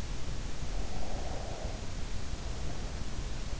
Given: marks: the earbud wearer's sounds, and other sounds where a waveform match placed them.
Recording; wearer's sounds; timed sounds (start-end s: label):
sounds in sleep by an in-ear microphone; breath
0.13-3.58 s: breath